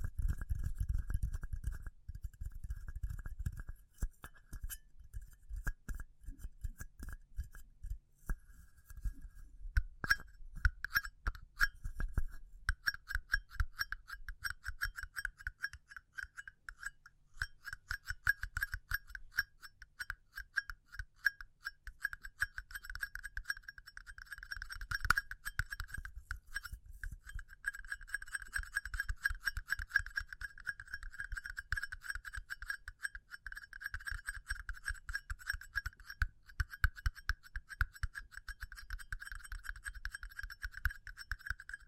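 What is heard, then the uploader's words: Tapping runs throughout, shifting between quick dense bursts and slower, more spaced strikes. Each tap is a short, bright clicking hit with a glassy, clinking edge over a soft low thud. The pace picks up around the middle and stays busy toward the end. ASMR Pure Tapping Fast and Slow (No Talking).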